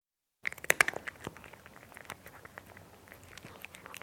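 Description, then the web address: Domestic cat eating dry food, sharp crunchy bites at first, then a steady patter of softer chewing clicks continuing to the end. "BBC Cats Eating. cat eating nice crunchy sound"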